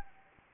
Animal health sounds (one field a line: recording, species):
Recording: mosquito wingbeat signal from an infrared sensor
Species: Anopheles arabiensis